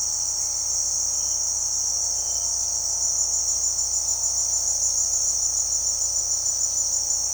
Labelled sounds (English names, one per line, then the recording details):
none
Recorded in secondary vegetation near Puerto Asís, Putumayo, Colombia, on 21 February 2024 at 18:00
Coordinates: 0.489, -76.322
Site G6419